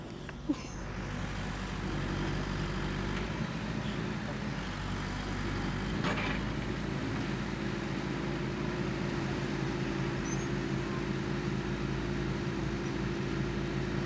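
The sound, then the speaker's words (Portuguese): A tractor engine drones steadily at a construction site at the Plug Minas gate, with workers on the site: a loud, continuous low rumble with a throbbing hum, broken by a couple of brief metallic knocks early on and around the middle. “Portaria Plug Minas, som trator. Operários na obra.”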